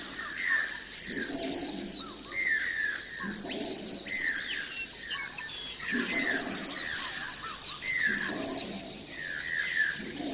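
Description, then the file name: White-eye: bursts of rapid, very high, thin twittering notes, with lower slurred whistles and soft low sounds between them. Therapy song meant for caged white-eyes. "audio terapi pleci. omkicau"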